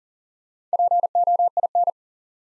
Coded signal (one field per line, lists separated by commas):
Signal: Morse code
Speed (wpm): 41 wpm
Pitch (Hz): 700 Hz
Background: none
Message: POIN